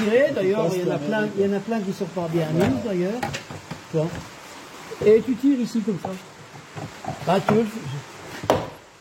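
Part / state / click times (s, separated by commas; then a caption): plastic trim clip in a car door panel / released / 8.5 s. Someone talks while the door trim panel of a Peugeot 206 is pulled by hand at the clip point. At 8.5 s a plastic trim clip pops free of the car door panel with a sharp knock, releasing it. The clips were not properly engaged because the panel had been taken off before.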